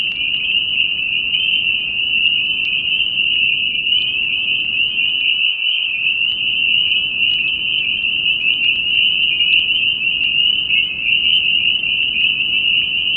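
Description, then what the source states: Spring peepers in a dense chorus, countless high piping peeps merging into one steady shrill ringing tone that never pauses throughout. Recorded in New Paltz.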